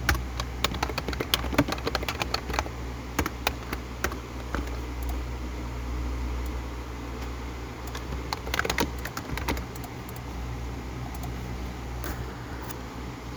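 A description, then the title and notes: Keys clatter in uneven bursts of sharp clicks, dense and quick for the first few seconds, then thinning to scattered taps with pauses around six to eight seconds before another flurry. A steady low hum runs underneath throughout, constant. ASMR keyboard typing and mouse clicking.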